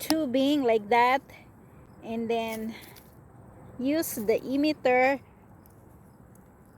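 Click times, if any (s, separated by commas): none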